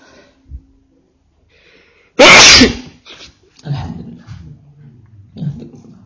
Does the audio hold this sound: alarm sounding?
no